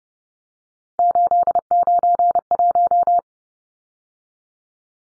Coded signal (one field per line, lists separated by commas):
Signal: Morse code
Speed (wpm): 30 wpm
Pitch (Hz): 700 Hz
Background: none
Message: 891